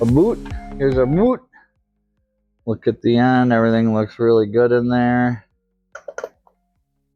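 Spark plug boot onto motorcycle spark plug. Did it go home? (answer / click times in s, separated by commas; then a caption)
yes / 6.0 s, 6.1 s, 6.2 s. A rubber spark plug boot with its connector is pushed down onto the spark plug terminal of a Suzuki SV1000 motorcycle after someone talks. Small crunchy clicks are heard at 6.0, 6.1 and 6.2 seconds as the boot seats onto the plug.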